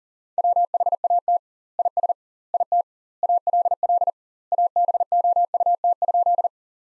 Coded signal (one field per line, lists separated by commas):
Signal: Morse code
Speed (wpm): 40 wpm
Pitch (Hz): 700 Hz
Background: none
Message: WHAT IS IT ALL ABOUT?